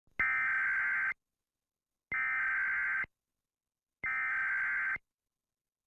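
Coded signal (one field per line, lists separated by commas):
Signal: Emergency Alert System (SAME) tones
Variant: header bursts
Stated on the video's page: Mock AMBER alert.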